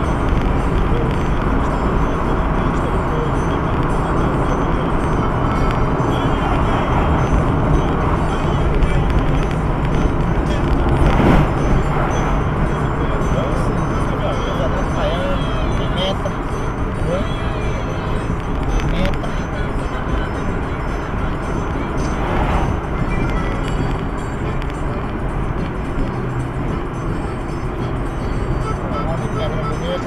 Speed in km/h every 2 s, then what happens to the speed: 100, 100, 96, 95, 93, 88, 88, 88, 85, 84, 82, 80, 76, 75, 72.
0-30 slows to 72.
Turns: none.